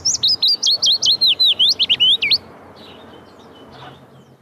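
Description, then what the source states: Willow Warbler song: a single phrase of rapid, sweet notes gently descending in pitch, then near silence. Song of gradually descending notes, pleasant, melodious, soft and somewhat melancholic; also sings in autumn.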